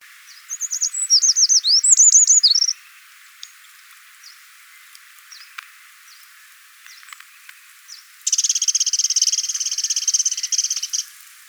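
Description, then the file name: Eurasian wren: a quick burst of high twittering, scattered faint ticks, then a long dry, even rattle lasting about three seconds, over a steady background hiss. "Troglodytes troglodytes"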